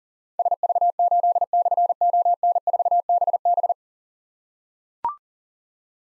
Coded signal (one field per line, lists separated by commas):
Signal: Morse code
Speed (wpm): 42 wpm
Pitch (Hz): 700 Hz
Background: none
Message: SV8/ON4BB